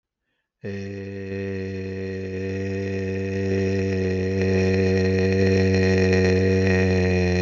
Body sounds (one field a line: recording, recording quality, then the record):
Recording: sustained vowel as in made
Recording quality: excellent, no background noise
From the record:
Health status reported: healthy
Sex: male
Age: 59 years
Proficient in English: yes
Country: India